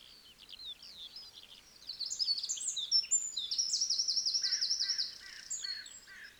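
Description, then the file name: Eurasian wren song, a rapid run of high, sharp notes leading into a loud, fast, even trill, with other lower chirping notes heard beneath it. "Troglodytes troglodytes"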